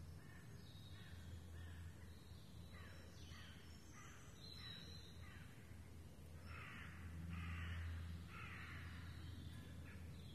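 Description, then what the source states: Common Raven giving a long series of harsh calls, fainter at first and louder toward the end, with high bird notes and a low hum. Ravens recorded in the Forêt de Rambouillet on 24 May 2015.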